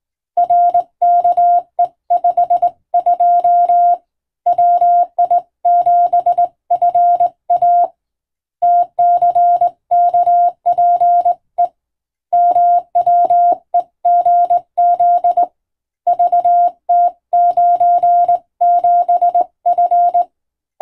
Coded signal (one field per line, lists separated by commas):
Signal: Morse code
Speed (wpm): 20 wpm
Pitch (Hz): 700 Hz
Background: radio noise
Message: RKE52 WI7FA TCKPE MWEGZ VT97F